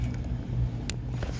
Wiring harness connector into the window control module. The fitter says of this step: it's a little bit out of focus there you'll hear it click in once it's clicked in then what you want to do is